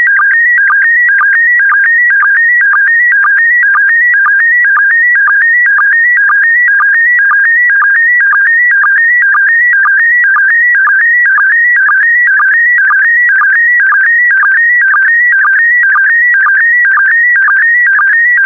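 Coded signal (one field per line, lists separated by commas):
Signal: SSTV (slow-scan television)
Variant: PD120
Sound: steady warbling tone stepping between two pitches, with a low blip twice per second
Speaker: the next image transmission will start in 10 seconds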